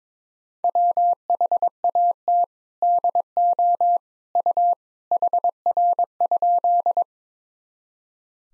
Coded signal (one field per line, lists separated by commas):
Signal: Morse code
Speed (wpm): 21 wpm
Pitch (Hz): 700 Hz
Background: none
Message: WHAT DO U HR?